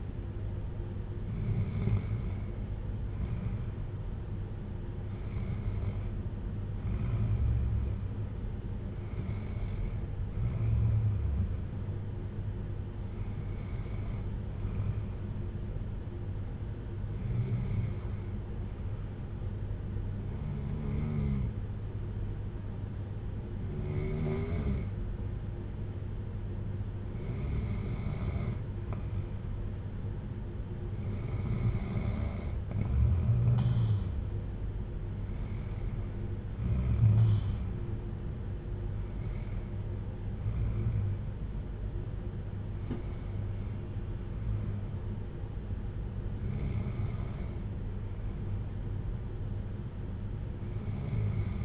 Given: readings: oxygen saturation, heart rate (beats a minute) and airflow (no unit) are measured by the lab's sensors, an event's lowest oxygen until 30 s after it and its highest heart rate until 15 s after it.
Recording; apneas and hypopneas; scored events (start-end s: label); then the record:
breathing in sleep by a smartphone at the bedside; none
none scored
From the record:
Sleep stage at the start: N2 (light sleep); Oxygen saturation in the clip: 92 to 94%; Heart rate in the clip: 56 to 63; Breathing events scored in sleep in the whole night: 310 in 8.1 hours asleep